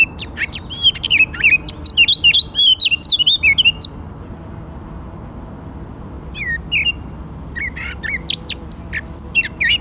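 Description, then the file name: Eurasian blackcap song: a rich warbling phrase of looping whistled notes for about four seconds, then a quieter pause and scattered short whistles and chirps. "Sylvia atricapilla"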